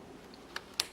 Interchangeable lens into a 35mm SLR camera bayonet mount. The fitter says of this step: hear a click and now it's fastened again on the body now